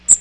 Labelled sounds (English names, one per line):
Magnolia Warbler flight call